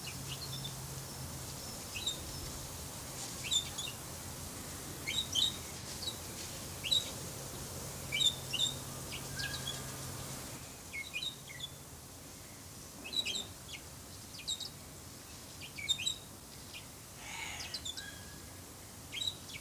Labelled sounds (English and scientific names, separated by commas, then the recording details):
Bourke's Parrot (Neopsephotus bourkii) call
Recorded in captivity
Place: Tierpark Berlin, Berlin, DE
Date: 2003-09-19 14:42
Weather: sonnig, 24°C
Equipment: Fair Mate ST-1328 (Asahi Electronics, Japan), Sennheiser ME 80, Kopie Uher 4000 Report Monitor
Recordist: Tembrock, Günter